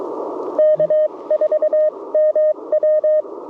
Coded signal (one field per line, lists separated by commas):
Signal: Morse code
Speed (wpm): 21 wpm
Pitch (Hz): 590 Hz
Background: radio noise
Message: K4MW